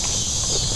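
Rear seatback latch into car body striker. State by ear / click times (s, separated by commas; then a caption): not seated / none. The folded rear seatback of a 2014 Chevrolet Cruze is being handled and pulled back up toward the car body striker, heard only as a steady, even rustle with low rumble and no sharp transients. Nothing has seated or clicked yet; the latch has not locked into place.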